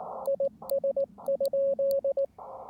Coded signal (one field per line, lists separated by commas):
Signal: Morse code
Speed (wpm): 20 wpm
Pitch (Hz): 560 Hz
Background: radio noise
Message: IS?